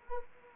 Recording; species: mosquito wingbeat signal from an infrared sensor; Anopheles arabiensis